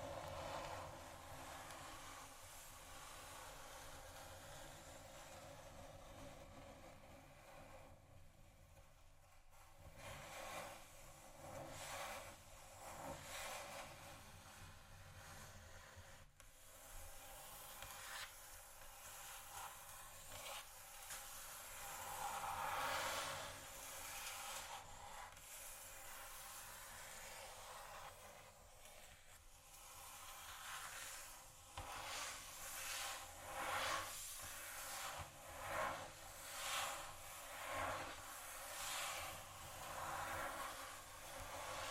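Scratching and tapping on a table surface form a dense, scraping rustle throughout, with brighter bursts around twenty-three and thirty-four seconds.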